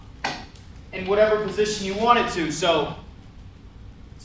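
A Merits P-320 Junior power wheelchair's seat swivel lock clicks into a detent on the seat post at 0.3 seconds as the seat is rotated, and someone then talks. The seat can rotate a full 360 degrees and auto-locks into place after each rotation.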